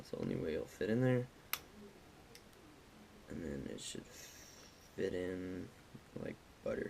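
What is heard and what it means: During piston assembly on a Kubota RTV900, the wrist pin is slid into the piston and a clamped retaining clip (circlip) is worked toward its groove in the piston pin bore. Someone talks while brief handling ticks are heard, a sharp one near 1.5 s and a faint one near 2.4 s. Nothing has seated or clicked yet.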